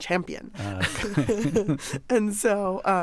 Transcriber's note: laughter